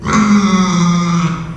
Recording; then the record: squeal of a Yucatan mini pig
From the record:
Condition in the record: after surgery on the right vocal fold (resection and tissue-engineered implant); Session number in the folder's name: 15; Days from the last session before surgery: 175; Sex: female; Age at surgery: 19 weeks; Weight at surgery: 25 kg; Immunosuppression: prednisolone